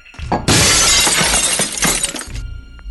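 A wall-mounted glass mirror at the end of a corridor shatters with a loud, bright crash, followed by a dense spray of tinkling shards that keeps clattering for about two seconds before stopping abruptly.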